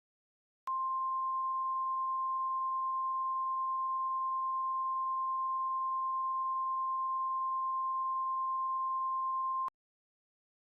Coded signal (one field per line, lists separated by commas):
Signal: Emergency Alert System (SAME) tones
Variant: 1050 Hz attention tone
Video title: two point six | An EAS Recreation of the May 31, 2013 El Reno Tornado | Jackeltron